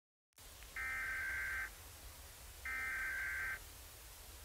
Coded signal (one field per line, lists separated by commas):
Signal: Emergency Alert System (SAME) tones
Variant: header bursts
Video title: Rating Different Countries EAS Alarms!